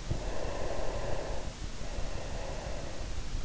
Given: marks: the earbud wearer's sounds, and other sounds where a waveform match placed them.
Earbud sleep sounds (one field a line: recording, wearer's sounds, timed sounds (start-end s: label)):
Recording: sounds in sleep by an in-ear microphone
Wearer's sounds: breath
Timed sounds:
0.30-3.22 s: breath